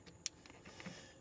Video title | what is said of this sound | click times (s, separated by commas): Don't Miss This Coolant Leak Solution! - Chevy Cruze, Trax, Sonic & Buick Encore (1.4L Turbo) | You should hear it click in place. Right. So, now that's in there good. | 0.3 s